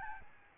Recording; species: mosquito wingbeat signal from an infrared sensor; Aedes albopictus